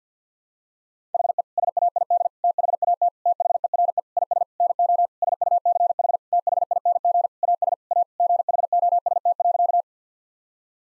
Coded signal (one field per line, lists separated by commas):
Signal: Morse code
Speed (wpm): 50 wpm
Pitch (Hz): 700 Hz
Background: none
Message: HE SAID THAT THERE IS NO SUCH THING AS A GHOST.